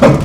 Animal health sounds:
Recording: pig call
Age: growing-finishing pig (85 days or more)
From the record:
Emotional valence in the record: positive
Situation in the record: run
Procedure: transit

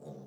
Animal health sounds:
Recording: pig call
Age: piglet (1 to 25 days)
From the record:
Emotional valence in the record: negative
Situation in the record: short isolation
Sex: female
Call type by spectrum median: low-frequency call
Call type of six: low-frequency stable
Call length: 0.27 s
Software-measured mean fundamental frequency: 52 Hz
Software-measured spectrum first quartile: 178 Hz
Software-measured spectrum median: 339 Hz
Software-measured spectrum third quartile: 558 Hz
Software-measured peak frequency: 213 Hz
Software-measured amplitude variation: 102 dB a second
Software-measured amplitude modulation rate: 29.4 a second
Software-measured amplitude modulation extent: 3.5 dB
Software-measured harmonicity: 0.2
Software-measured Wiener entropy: 0.20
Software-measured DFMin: 1763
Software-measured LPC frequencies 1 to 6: 490, 3698, 4552, 5859, 6778, 7649 Hz

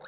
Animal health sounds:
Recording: pig call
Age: piglet (1 to 25 days)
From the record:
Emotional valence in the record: negative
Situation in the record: long isolation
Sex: male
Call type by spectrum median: low-frequency call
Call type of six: mixed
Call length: 0.08 s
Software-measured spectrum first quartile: 827 Hz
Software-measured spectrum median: 1507 Hz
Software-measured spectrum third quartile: 2998 Hz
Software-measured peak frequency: 523 Hz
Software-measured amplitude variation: 81 dB a second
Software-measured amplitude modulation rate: 6.2 a second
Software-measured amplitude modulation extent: 12.9 dB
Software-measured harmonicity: 2.7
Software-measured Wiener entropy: -2.43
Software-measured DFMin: 783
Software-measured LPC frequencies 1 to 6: 626, 1446, 3814, 4412, 5899, 6861 Hz

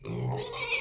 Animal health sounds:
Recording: pig call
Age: weaner (32 to 43 days)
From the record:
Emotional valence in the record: negative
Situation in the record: long isolation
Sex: female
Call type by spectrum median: high-frequency call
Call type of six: mixed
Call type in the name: high-frequency modulated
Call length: 0.81 s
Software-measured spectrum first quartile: 1193 Hz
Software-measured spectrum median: 4292 Hz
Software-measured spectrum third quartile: 6817 Hz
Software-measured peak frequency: 2309 Hz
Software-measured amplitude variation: 138 dB a second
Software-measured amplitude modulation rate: 29.0 a second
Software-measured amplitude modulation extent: 4.8 dB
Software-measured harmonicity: 3.6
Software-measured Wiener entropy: -3.36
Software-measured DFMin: 1111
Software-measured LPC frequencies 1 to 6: 2374, 3670, 4529, 5514, 6463, 6950 Hz

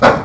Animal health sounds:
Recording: pig call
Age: growing-finishing pig (85 days or more)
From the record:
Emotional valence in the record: positive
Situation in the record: run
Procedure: transit

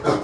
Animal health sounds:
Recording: pig call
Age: growing-finishing pig (85 days or more)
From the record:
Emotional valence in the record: positive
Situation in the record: run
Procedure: transit

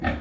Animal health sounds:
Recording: pig call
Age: growing-finishing pig (85 days or more)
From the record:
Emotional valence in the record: negative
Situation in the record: barren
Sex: female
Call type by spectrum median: low-frequency call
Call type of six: low-frequency stable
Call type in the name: low-frequency stable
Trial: 1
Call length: 0.21 s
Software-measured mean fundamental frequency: 66 Hz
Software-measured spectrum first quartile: 180 Hz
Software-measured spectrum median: 570 Hz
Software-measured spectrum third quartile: 1321 Hz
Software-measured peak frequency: 81 Hz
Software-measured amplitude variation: 122 dB a second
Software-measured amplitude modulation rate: 16.5 a second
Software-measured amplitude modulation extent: 7.4 dB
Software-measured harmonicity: -0.9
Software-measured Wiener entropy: -1.45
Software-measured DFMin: 521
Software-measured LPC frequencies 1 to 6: 639, 1788, 2438, 3509, 4344, 5500 Hz

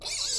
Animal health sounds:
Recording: pig call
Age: weaner (32 to 43 days)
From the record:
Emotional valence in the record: negative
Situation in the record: long isolation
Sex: female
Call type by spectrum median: high-frequency call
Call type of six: high-frequency stable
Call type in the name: high-frequency stable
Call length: 0.38 s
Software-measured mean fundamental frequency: 374 Hz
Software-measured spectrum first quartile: 4200 Hz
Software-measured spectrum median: 5401 Hz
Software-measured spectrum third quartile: 7201 Hz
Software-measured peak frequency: 4535 Hz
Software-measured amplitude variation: 107 dB a second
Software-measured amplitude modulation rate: 23.5 a second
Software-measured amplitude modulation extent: 4.6 dB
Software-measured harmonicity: 2.1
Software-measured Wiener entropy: -2.17

